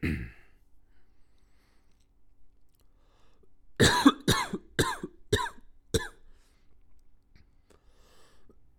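A run of five sharp, explosive cough bursts comes in quick succession over about two seconds, each with a harsh noisy onset, after a brief sound at the start and quiet in between. It is a plain series of adult coughs, a sound effect.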